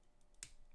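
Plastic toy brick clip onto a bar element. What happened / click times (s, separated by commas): The plastic clip snapped onto the bar / 0.4 s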